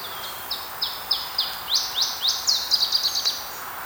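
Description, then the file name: Iberian chiffchaff song: high, evenly spaced notes about three per second, then a quicker run of short, bright notes at the end. Recorded 5 May 2018. "Iberienzz-DO-050518-Stefan-Helmer"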